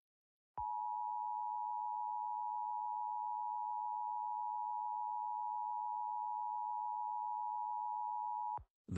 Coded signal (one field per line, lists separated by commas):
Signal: Emergency Alert System (SAME) tones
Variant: 853 and 960 Hz attention tone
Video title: The Ultimate Downburst - An EAS Scenario